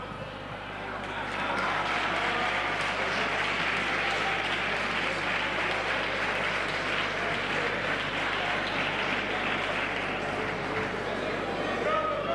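Sustained applause from deputies in the Spanish Congress during a speech by President Rajoy, swelling after a second into a steady, dense patter of many hands clapping that holds at an even level for about ten seconds.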